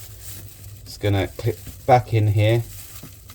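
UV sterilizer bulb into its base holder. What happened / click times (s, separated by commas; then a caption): The bulb is being handled but has not clicked into its base yet / none. A new UV sterilizer bulb for an Eheim 350 UV sterilizer is handled as it is about to be pushed back into its plastic base holder. Someone talks over a low background hum, and the clip ends before the bulb clips in, so nothing has seated or clicked yet.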